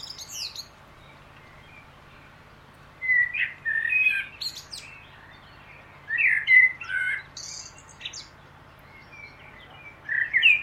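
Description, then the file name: Common blackbird delivering rich, fluty phrases with scratchy high flourishes, several phrases separated by pauses. "Turdus merula"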